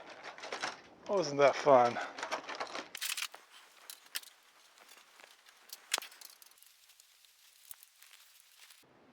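Someone talks briefly, then a driver works on another small screw in the plastic housing of a VTech Type-Right toy. The bit slips and clicks sharply in the screw head at 3.0, 4.2 and 5.9 seconds, and the screw strips while being unscrewed.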